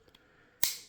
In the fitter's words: you hear like two clicks and